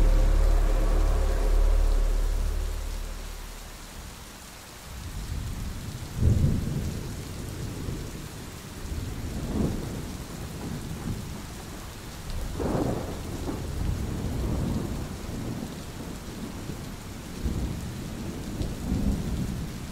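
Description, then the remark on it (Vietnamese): Heavy rain pours steadily outdoors while rolling thunder with lightning rumbles on and off, with deep booming surges and crackling bursts rising over the constant hiss of the downpour. “Ngoài trời mưa xối xả sấm chớp liên hồi.”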